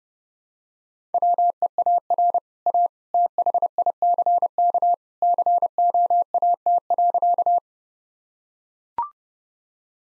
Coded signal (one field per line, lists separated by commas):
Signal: Morse code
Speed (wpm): 30 wpm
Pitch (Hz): 700 Hz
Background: none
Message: WEAR A THICK COAT.